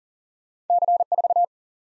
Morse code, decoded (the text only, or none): C4